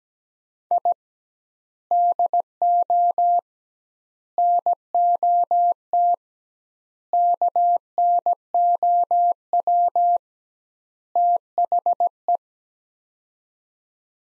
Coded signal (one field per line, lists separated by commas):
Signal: Morse code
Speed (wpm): 17 wpm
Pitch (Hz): 700 Hz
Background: none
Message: I DO NOT KNOW THE